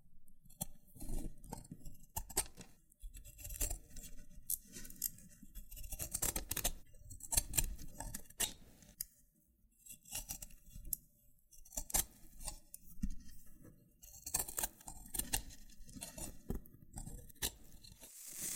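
Loofah triggers: scratchy rubbing and peeling textures come in dense, uneven bursts. Sharp crisp pops and crackles cut through repeatedly, especially around 2, 7, 12 and 15 seconds. Brief quieter gaps fall near 3, 9 and 11 seconds.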